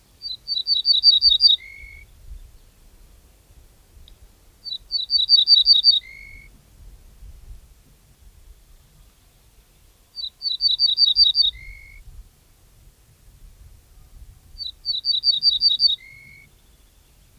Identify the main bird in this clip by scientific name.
Emberiza hortulana